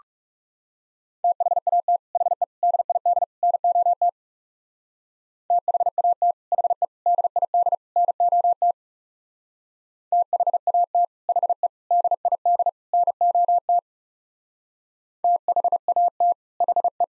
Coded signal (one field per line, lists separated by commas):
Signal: Morse code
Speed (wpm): 39 wpm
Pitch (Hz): 700 Hz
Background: none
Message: THAT HE DID NOT THAT HE DID NOT THAT HE DID NOT THAT HE